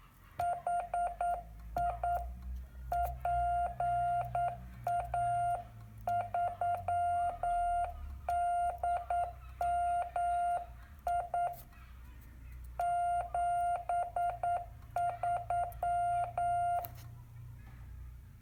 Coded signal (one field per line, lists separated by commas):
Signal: Morse code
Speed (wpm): 9 wpm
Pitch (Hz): 700 Hz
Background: none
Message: HI PA3DMI 73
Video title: My new paddlekey from N6ARA Electronics